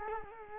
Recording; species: mosquito wingbeat signal from an infrared sensor; Culex quinquefasciatus